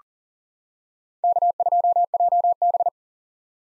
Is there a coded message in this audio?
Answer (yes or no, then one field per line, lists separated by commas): yes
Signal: Morse code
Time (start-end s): 1.2-2.9 s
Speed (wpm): 40 wpm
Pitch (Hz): 700 Hz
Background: none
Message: K2JB